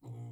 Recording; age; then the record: pig call; weaner (32 to 43 days)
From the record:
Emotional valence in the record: negative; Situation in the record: restrain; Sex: male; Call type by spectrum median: low-frequency call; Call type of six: low-frequency stable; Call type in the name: low-frequency stable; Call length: 0.32 s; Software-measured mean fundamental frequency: 59 Hz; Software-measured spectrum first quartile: 118 Hz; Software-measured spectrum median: 150 Hz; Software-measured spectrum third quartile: 318 Hz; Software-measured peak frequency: 120 Hz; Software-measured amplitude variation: 84 dB a second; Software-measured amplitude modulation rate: 7.7 a second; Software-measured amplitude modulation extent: 10.9 dB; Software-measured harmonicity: 1.9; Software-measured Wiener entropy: 0.80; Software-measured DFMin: 988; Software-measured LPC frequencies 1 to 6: 770, 2142, 3153, 3949, 5121, 5694 Hz